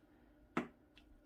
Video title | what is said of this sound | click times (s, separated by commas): Wip n ramble. Catch up and having a break! | oh see it's that little click | 0.6 s